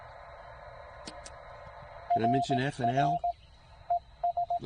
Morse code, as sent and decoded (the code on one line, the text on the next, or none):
.-. .-. / . ...
RR ES